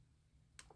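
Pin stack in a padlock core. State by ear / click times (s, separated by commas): seated / 0.6 s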